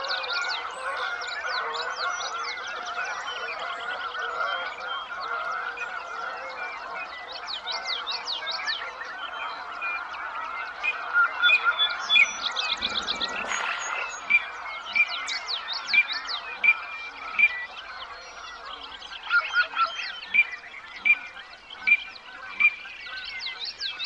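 A dense natural chorus of croaking hums under bright repeating trills and chirps, with a brief rushing burst near midway and sharp calls later.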